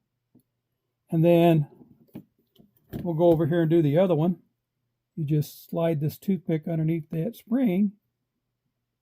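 Someone talks while working on the other side of a model locomotive motor, sliding a toothpick under the second brush spring to lift it toward its brush holder. A few faint, short ticks of handling are heard between the speech. Nothing has seated or clicked yet; the spring is not yet snapped into place.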